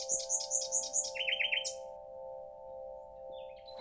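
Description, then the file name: Common nightingale song with a rapid series of very high repeated notes followed by quick lower chattering notes, then a pause and a short phrase, with a constant hum beneath. "Nachtigall"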